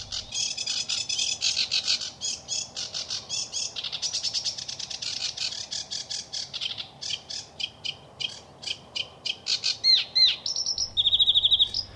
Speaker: Laulu on yksi ruokokerttusen parhaita tuntomerkkejä.